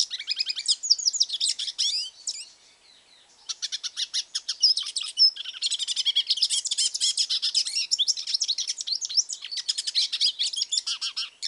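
Hooded siskin song: rapid high twittering and buzzy trills, a short pause near three seconds, then a long unbroken run of chattering notes.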